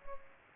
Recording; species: mosquito wingbeat signal from an infrared sensor; Culex pipiens